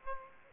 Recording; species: mosquito wingbeat signal from an infrared sensor; Aedes aegypti